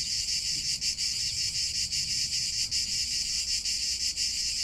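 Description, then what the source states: Cicadas buzzing in a continuous shrill drone with brief dips in loudness, no other clear sounds. Cicada song in Provence, used as a sound to return attention to during a guided siesta meditation.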